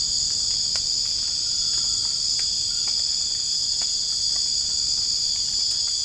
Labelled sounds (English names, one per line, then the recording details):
none
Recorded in dense forest near Puerto Asís, Putumayo, Colombia, on 27 June 2025 at 22:30
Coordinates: 0.481, -76.323
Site G072